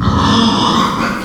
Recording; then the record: squeal of a Yucatan mini pig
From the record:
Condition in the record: after surgery on the right vocal fold (resection and tissue-engineered implant); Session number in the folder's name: 16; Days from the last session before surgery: 183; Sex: female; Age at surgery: 19 weeks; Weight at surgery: 25 kg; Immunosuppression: prednisolone